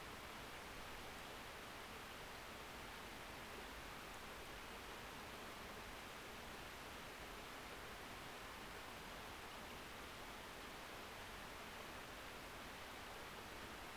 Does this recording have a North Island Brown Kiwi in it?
no